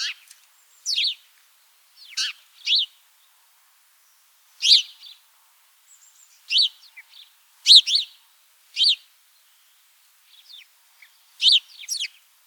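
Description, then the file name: House sparrow calls, sharp chirps in pairs and small groups with irregular pauses, some softer twitters between. "Passer domesticus"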